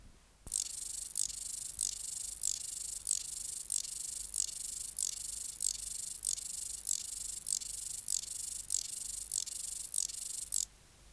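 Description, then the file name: Large mountain grasshopper song: a continuous series of dry, buzzing high-pitched strokes, each with a sharp accent, running evenly for about ten seconds before stopping. "Stauroderus scalaris"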